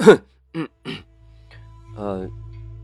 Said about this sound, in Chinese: 气氛有点僵，江恋清了清嗓子，想要圆个场。